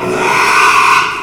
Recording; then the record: squeal of a Yucatan mini pig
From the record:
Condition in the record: after surgery on the right vocal fold (resection and tissue-engineered implant); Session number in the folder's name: 1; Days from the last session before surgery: 6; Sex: male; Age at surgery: 12 weeks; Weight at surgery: 13 kg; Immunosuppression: cyclosporine, prednisolone